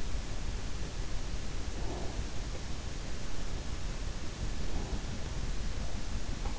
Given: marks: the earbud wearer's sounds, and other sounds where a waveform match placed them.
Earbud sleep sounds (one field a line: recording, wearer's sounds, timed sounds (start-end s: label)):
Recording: sounds in sleep by an in-ear microphone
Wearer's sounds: breath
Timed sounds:
1.89-2.19 s: breath
4.50-5.28 s: breath